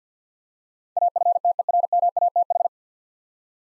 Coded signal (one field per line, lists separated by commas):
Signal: Morse code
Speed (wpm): 52 wpm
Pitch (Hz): 700 Hz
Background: none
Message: AFTERMATH